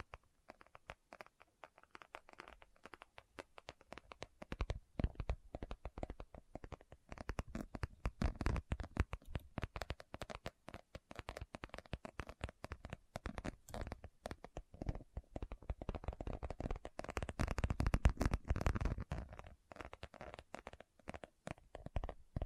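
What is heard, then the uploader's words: Items are rummaged through in a bag with no talking: a dense run of quick crinkles, taps and scratchy rustles that keeps going the whole time. The handling grows busier and louder around the middle and again near eighteen seconds. ASMR What's In My Bag (No Talking).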